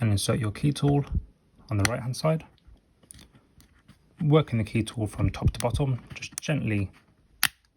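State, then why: Released. A key tool is worked from top to bottom, gently lifting the 7-shaped plastic enter keycap on a MacBook Pro (A2141, A2251, A2289 or A2338, Intel or M1, 2019–2021) laptop keyboard, while someone talks. Faint taps sound near 3.1 s and 3.6 s. A sharp click at 7.4 s marks the keycap detaching from its scissor clip and coming free.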